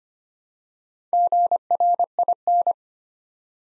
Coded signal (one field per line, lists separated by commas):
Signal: Morse code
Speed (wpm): 25 wpm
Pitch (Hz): 700 Hz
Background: none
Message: GRIN